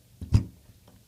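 A faucet handle adapter with female teeth for a Moen 4570 handle is pressed down onto the splined male teeth of the faucet cartridge stem. Two short low clicks sound at 0.2 s and 0.9 s, with a louder knock just after the first, as the teeth catch. The adapter seats onto the cartridge stem.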